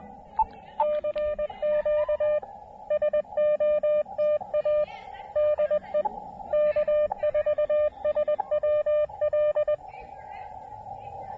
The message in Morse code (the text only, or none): CQ SOTA DE K4SWL